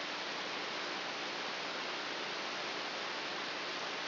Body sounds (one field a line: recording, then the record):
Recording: brain microelectrode recording played as sound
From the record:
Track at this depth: outside the subthalamic nucleus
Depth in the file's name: 6.401 mm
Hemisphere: right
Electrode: 3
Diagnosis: Parkinson's disease